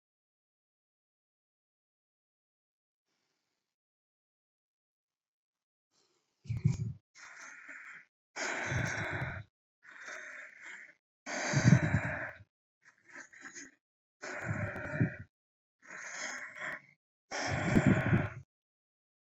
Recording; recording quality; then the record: deep breathing; excellent, no background noise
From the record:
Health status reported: COVID-19 positive, no symptoms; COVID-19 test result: positive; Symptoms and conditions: none ticked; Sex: female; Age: 31 years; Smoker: not ticked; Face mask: not worn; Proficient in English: yes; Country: India